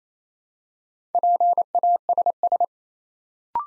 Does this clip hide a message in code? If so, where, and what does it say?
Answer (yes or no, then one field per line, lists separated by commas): yes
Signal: Morse code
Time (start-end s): 1.1-2.6 s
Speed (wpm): 28 wpm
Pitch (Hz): 700 Hz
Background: none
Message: PASS